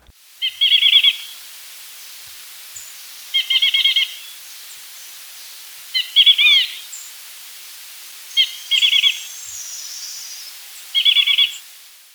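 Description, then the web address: Chestnut-breasted chlorophonia calls: short, nasal, buzzy phrases of a few rapid notes, repeated about every two and a half seconds against a quiet background hiss. Recorded in Ecuador. "Natures Songs S America Birds of Ecuador. Chestnut-Breasted Chlorophonia"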